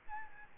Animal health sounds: mosquito wingbeat signal from an infrared sensor; Aedes albopictus

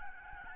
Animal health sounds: mosquito wingbeat signal from an infrared sensor; Aedes albopictus

